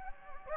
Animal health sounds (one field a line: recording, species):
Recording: mosquito wingbeat signal from an infrared sensor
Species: Anopheles gambiae